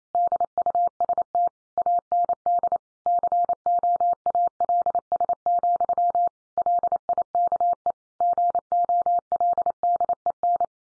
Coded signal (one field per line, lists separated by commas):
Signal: Morse code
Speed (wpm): 28 wpm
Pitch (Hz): 700 Hz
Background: none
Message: DUST AND COALS, LIKE GOLDEN